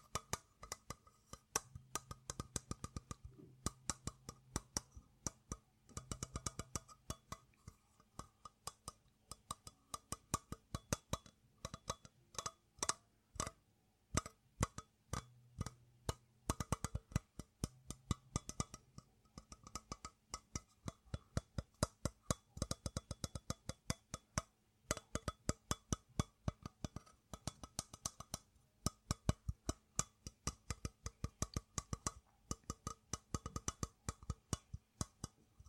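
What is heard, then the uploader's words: Tapping on metal, wood, plastic and glass, with fingertips striking in quick, uneven bursts and brief pauses between runs. The taps are crisp, some bright and clinking, others duller. A faint steady hum sits underneath. Metal tapping, wood tapping, plastic tapping, and glass tapping. ASMR Tapping Triggers.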